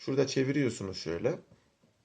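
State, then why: Not seated. Someone talks while turning the airflow control ring at the base of a Melo III vape atomizer on an Eleaf iStick Pico, followed by a few faint soft sounds near 1.5 s and 1.8 s. The ring is being handled but has not yet clicked into its detent position.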